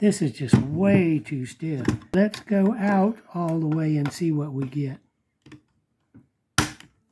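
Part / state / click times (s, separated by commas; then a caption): stitch selector dial spring finger into its detent notch on a knitting machine carriage / released / 6.6 s. Someone talks while turning a stiff stitch selector dial on a Silver Reed, Singer or Studio knitting machine carriage fully out, past 0, to line up the keyway and remove it. After a few faint taps near 5.5 s, a sharp click sounds at 6.6 s as the metal spring finger pops into its detent notch, releasing the dial.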